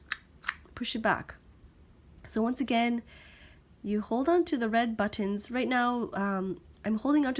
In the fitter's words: then if you want to release the hold you just push